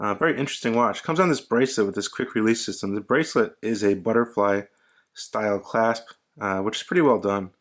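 Someone talks while handling an Atowak Cobra Wandering Hours watch on its steel bracelet with a quick release system and a butterfly-style deployant clasp. The clasp blades have not latched yet, and nothing has clicked or seated by the end of the clip.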